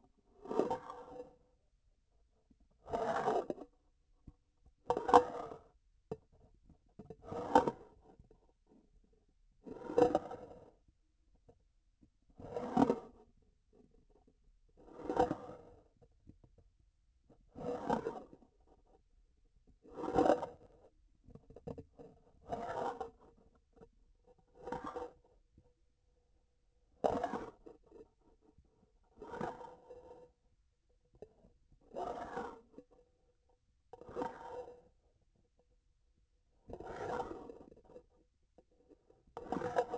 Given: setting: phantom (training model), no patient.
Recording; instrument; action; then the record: laparoscopic instrument, vibration sensor on the handle end; grasping forceps; approaching and retracting movements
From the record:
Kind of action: spatial motion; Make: Olympus